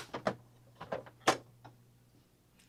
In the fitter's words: So it just latches right on in those little holes right there.